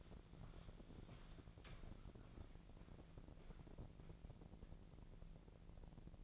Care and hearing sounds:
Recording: daily activity, microphone in the room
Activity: walk to room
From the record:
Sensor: 5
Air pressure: 1012.4 hPa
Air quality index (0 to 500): 240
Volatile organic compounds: 4 ppm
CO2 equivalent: 1596 ppm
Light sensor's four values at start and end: 59/137/58/61 and 60/142/59/63

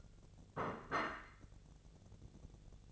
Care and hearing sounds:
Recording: daily activity, microphone in the room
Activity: place plate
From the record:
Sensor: 4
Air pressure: 1001.0 hPa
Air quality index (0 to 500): 143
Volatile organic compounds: 2 ppm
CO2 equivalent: 1057 ppm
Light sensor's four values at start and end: 26/63/26/28 and 26/63/26/28

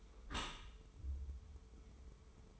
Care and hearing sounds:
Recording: daily activity, microphone in the room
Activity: close dishwasher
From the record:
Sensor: 1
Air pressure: 1015.0 hPa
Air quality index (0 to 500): 25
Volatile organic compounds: 0 ppm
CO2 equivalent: 503 ppm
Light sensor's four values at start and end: 13/30/12/13 and 13/30/12/13

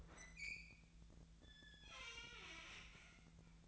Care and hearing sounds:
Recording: daily activity, microphone in the room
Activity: open fridge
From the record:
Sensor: 3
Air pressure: 1009.6 hPa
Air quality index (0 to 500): 194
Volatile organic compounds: 16 ppm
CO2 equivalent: 2522 ppm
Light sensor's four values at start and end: 37/91/39/41 and 37/91/39/42

